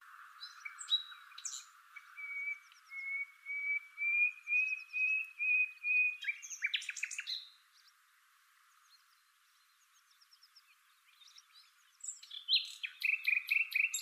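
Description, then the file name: Common nightingale singing a long, slowly rising whistled note, then rapid clicking and chattering phrases, a pause, and fast repeated notes at the end. "Luscinia megarhynchos"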